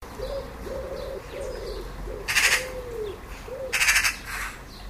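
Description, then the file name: Eurasian magpie giving two harsh, rasping chatter bursts about a second and a half apart, with a lower, softer tonal call repeated several times underneath. "Pica pica"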